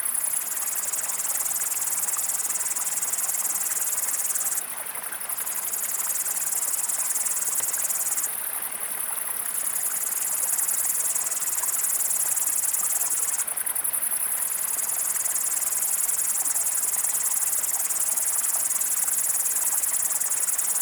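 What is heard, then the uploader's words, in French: Bush crickets sing in a dense, unbroken high buzz over a steady rushing stream. The shrill insect layer drops out briefly three times, near 5, 8.5 and 13.5 seconds, each gap lasting about a second, while the water's wash continues evenly underneath. Le Villard - Val Maravel - 1200 m alt - 19h30 - Nagra seven - mkh40. Le chant de cette Sauterelle cymbalière (Tettigonia cantans) accompagnée par des Grandes Sauterelles vertes (T viridissima) et ce ruisseau qui plus loin deviendra la rivière Maravel. Cette ambiance qui évolue imperceptiblement vers le ralentissement de l'insecte.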